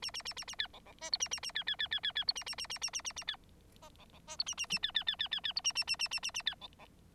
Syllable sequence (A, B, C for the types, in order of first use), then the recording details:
A A A A A B C C D E A A A B B B B B B E A A A A A A A A B F C C D E A A A B B B B B B E A A A A A A A B C C. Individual Bird9